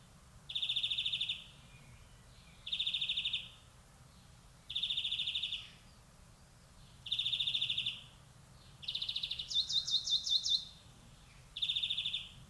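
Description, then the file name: European greenfinch giving rapid pulsed trills, each about a second long, repeated roughly every two seconds, with one higher, faster buzzy series near the end; faint low background hum. "Chloris chloris"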